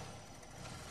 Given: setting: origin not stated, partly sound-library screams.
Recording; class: one-second piece from a danger detection set; normal situation